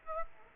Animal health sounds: mosquito wingbeat signal from an infrared sensor; Aedes aegypti

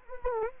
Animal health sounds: mosquito wingbeat signal from an infrared sensor; Anopheles gambiae

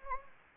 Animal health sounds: mosquito wingbeat signal from an infrared sensor; Anopheles gambiae

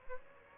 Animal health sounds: mosquito wingbeat signal from an infrared sensor; Aedes albopictus

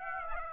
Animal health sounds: mosquito wingbeat signal from an infrared sensor; Aedes aegypti

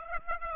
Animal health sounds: mosquito wingbeat signal from an infrared sensor; Aedes aegypti

